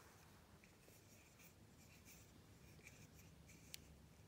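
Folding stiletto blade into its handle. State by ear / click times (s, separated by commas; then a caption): not seated / none. The polished steel bayonet blade of an 11-inch Frank B Italian stiletto knife with a dark horn and brass handle is being folded closed by pulling down on the bolster. Soft scratchy handling and rubbing continue throughout, with a brief sharp tick at 3.8 s. Nothing has seated or clicked yet, and the clip ends just before the blade goes home.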